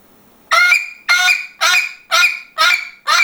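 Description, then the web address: Parrot calls after a brief quiet start: six loud, grating squawks spaced about half a second apart, rich in overtones. "попугай"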